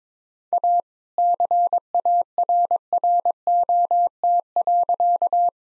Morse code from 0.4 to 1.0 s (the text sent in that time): A